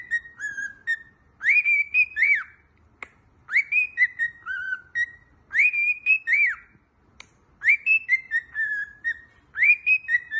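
Cockatiel whistled song, phrases of several linked rising and falling whistles, repeated with short pauses between them.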